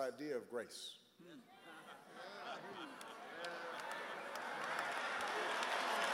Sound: applause

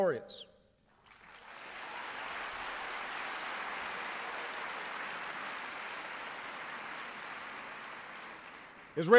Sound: applause

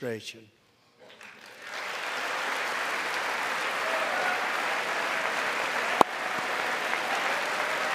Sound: applause

